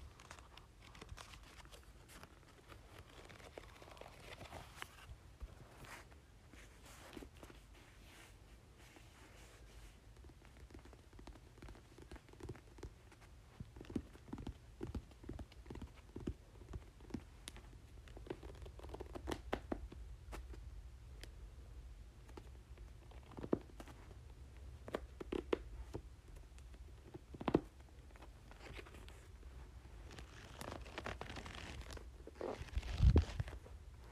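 Book pages are handled and turned, giving soft papery rustles and crisp little crackles over a quiet, low hum. The handling is sparse at first and grows busier from about the middle, with a sharper knock or thump near the end.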